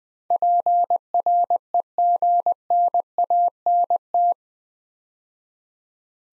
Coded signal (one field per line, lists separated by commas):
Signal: Morse code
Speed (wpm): 20 wpm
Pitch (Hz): 700 Hz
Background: none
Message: PREGNANT